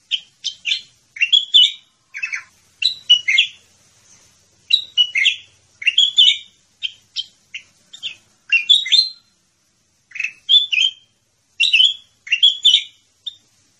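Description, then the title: Sooty-headed bulbul calling steadily: a long run of bubbly, chirping two- and three-note phrases with short breaks, nothing else audible. "Suara Burung Kutilang"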